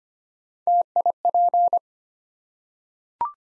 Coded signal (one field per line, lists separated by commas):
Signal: Morse code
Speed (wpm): 25 wpm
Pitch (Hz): 700 Hz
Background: none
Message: TIP